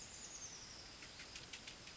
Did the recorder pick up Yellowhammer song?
no